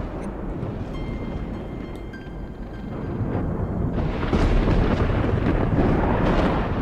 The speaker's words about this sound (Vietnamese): đúng lúc ấy một tiếng sét kèm theo ánh chớp chói lòa rạch ngang bầu trời, soi rọi khoảnh sân ngay trước mặt.